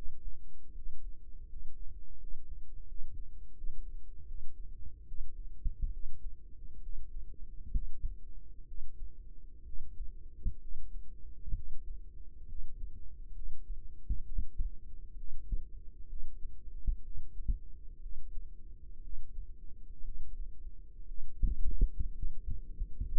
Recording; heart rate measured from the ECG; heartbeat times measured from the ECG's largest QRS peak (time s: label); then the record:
heart sounds by microphone in the right ear; 67 bpm
0.73 s: heartbeat
1.47 s: heartbeat
2.18 s: heartbeat
2.86 s: heartbeat
3.55 s: heartbeat
4.26 s: heartbeat
5.06 s: heartbeat
5.91 s: heartbeat
6.81 s: heartbeat
7.73 s: heartbeat
8.66 s: heartbeat
9.64 s: heartbeat
10.60 s: heartbeat
11.54 s: heartbeat
12.47 s: heartbeat
13.34 s: heartbeat
14.25 s: heartbeat
15.17 s: heartbeat
16.08 s: heartbeat
17.03 s: heartbeat
18.01 s: heartbeat
19.02 s: heartbeat
20.03 s: heartbeat
21.06 s: heartbeat
22.13 s: heartbeat
23.03 s: heartbeat
From the record:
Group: healthy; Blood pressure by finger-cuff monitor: 96/52 mmHg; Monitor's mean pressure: 67 mmHg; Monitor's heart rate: 65 bpm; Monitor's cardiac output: 6.2 L/min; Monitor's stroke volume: 94 mL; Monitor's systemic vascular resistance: 760 dyn s/cm5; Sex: female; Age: 22 years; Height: 157 cm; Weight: 47.6 kg